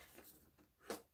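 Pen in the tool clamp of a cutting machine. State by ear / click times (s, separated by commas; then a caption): released / 0.9 s. A pen sits in the plastic tool clamp of a Cricut Joy small cutting machine, where it does not click in but just sets in. After faint, quiet handling, a short sharp pop at 0.9 s marks the pen being lifted and released from the clamp.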